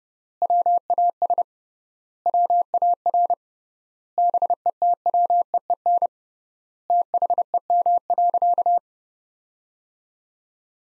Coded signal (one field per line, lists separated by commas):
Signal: Morse code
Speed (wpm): 31 wpm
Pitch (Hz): 700 Hz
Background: none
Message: WAS WAR BETWEEN THEM.